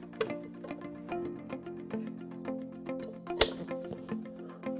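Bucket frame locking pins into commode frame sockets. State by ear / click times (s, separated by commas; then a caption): seated / 3.4 s. The two ends of a bariatric commode's bucket frame are fitted into the sockets on the back of the metal commode frame, and the spring locking pins snap into place with a sharp click at 3.4 s, seating the frame. Steady musical tones and a few lighter taps, the clearest at 0.2 s, are heard before it.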